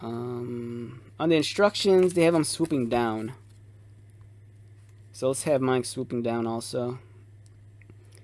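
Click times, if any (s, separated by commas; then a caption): 7.8 s. Someone talks while fitting the plastic feather crest of a Playmobil 70302 Gladiator figure onto the figure's helmet, angled swooping down. After the talking stops, a few faint, short clicks are heard, and the crest snaps into place on the helmet at 7.8 s.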